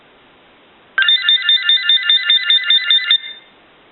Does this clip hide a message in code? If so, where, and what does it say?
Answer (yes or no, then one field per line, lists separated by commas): no